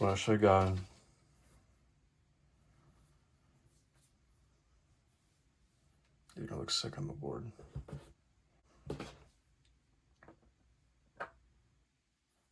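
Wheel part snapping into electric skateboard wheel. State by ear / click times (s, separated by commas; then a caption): seated / 11.2 s. Someone talks while fitting new electric skateboard wheels, then a few quiet clicks and knocks are heard as a part is pressed into a wheel. A sharp snap at 11.2 seconds marks the part seating into the electric skateboard wheel.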